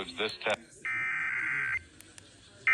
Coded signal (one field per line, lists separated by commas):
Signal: Emergency Alert System (SAME) tones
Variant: header bursts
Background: speech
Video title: HALF AN HOUR EARLY… (San Luis Obispo County Monthly EAS Test from 8/3/23) (EAS #1,071-1,090)